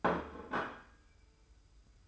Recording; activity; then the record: daily activity, microphone in the room; place plate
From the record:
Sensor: 2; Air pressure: 990.7 hPa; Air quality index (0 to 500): 150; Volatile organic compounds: 399 ppm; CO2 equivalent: 4670 ppm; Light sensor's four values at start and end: 26/62/25/25 and 26/62/25/25